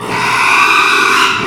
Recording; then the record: squeal of a Yucatan mini pig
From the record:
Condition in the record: after surgery on the right vocal fold (resection and tissue-engineered implant); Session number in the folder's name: 1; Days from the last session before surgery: 6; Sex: male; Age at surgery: 12 weeks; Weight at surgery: 13 kg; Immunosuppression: cyclosporine, prednisolone